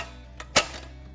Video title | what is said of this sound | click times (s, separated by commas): Little Giant Alta One Multi-purpose Ladder | locks in place it's a 4T High Trestle | 0.6 s